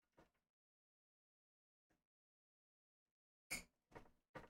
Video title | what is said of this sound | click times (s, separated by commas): Will the Kaypro Boot with a New FD1793B-02 Floppy Drive Controller? (Computerized Start™ Live) | ah all right don't know if you heard that click but that was certainly nice | 4.0 s, 4.4 s